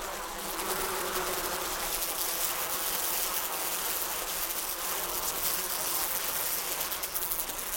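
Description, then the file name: Fly: flies, a thick, steady buzzing of many insects blending into one unbroken, even hum. "lots of flies"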